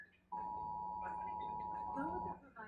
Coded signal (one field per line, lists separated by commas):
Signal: Emergency Alert System (SAME) tones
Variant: 853 and 960 Hz attention tone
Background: speech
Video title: Peach's First EAS Experience.